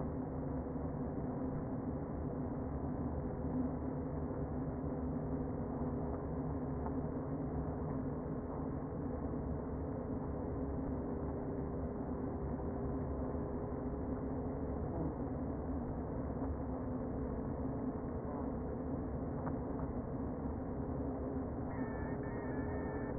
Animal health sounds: honeybee colony, microphone inside the hive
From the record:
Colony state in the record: queen present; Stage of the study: before two queens were removed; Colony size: about 60,000 bees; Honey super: yes

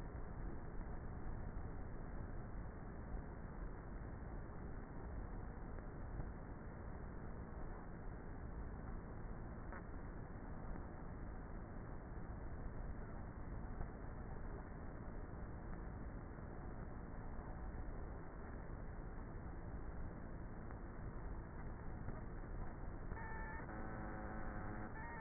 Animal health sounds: honeybee colony, microphone inside the hive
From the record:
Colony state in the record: queenless with a low population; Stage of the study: before two queens were removed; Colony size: about 30,000 bees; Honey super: no

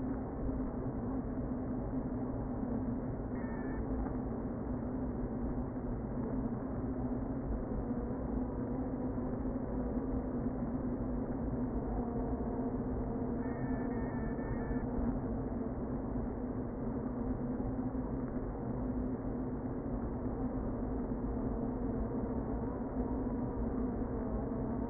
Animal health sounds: honeybee colony, microphone inside the hive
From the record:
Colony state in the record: queen present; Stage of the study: before two queens were removed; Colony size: about 60,000 bees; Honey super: yes

